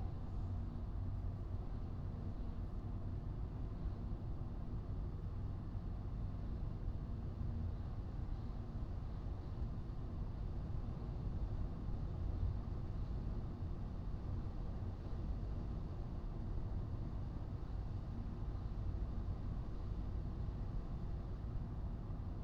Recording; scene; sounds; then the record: everyday scene through a hearing-aid microphone; in a vehicle; engine, highway driving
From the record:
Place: Skoda Fabia, gasoline engine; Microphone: in the ear canal, right